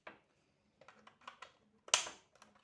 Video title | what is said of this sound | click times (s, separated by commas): 18 août 2025 | Ah, ça y est. Vous avez entendu, ça vient de se clipser. | 1.9 s